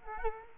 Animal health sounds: mosquito wingbeat signal from an infrared sensor; Culex quinquefasciatus

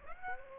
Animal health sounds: mosquito wingbeat signal from an infrared sensor; Aedes aegypti

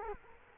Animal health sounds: mosquito wingbeat signal from an infrared sensor; Culex quinquefasciatus

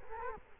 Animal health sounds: mosquito wingbeat signal from an infrared sensor; Culex quinquefasciatus

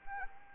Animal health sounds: mosquito wingbeat signal from an infrared sensor; Anopheles arabiensis

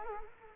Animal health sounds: mosquito wingbeat signal from an infrared sensor; Culex quinquefasciatus

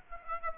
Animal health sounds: mosquito wingbeat signal from an infrared sensor; Aedes aegypti

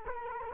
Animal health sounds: mosquito wingbeat signal from an infrared sensor; Culex quinquefasciatus

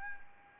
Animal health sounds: mosquito wingbeat signal from an infrared sensor; Anopheles arabiensis

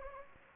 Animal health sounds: mosquito wingbeat signal from an infrared sensor; Anopheles gambiae

